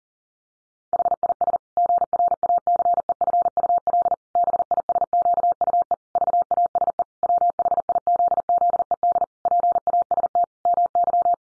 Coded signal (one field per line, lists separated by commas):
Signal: Morse code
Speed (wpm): 40 wpm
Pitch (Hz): 700 Hz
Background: none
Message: HIS GRACEFUL BISQUE VASE WHIZZED PAST MY